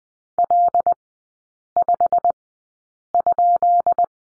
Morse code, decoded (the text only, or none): L5?